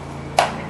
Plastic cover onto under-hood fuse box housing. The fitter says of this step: snap in place and put